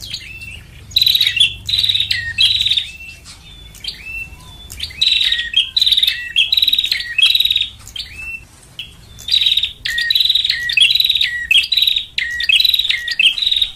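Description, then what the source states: Lovebird twittering with grating, high-pitched bursts every second or two, interspersed with short upslurred squeaks and chips, with a faint low hum underneath. Lure recording for trapping lovebirds.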